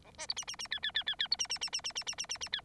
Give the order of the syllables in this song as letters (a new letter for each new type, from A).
A B C D D D E E E E E C D D D D D D D D D D E